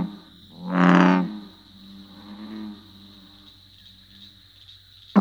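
American bullfrog call: one deep, resonant, droning note lasting under a second, then a fainter low rumble; a steady high-pitched whine runs underneath throughout.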